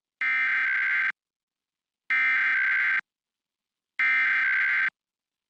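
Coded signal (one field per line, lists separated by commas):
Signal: Emergency Alert System (SAME) tones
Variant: header bursts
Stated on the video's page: Required Monthly Test on a TV station's digital subchannels, recorded with a Tablo Quad.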